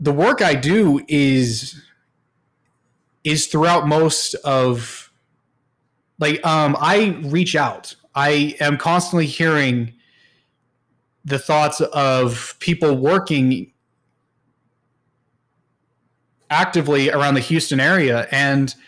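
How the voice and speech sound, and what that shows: Adult male speaker who stutters, talking in short fragments with prolonged sounds and long silent pauses between them.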